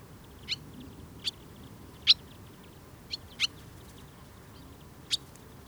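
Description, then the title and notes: Barn swallow flight calls: six short, sharp high notes spaced irregularly over about five seconds, with a steady low hum underneath. Adult male of the nominate subspecies rustica, recorded during migration on 9 August 2013 in Prignitz, Germany. "Barn Swallow Hirundo rustica. Barn Swallow Hirundo r. rustica, M AD, 09/08/2013, Prignitz, Germany"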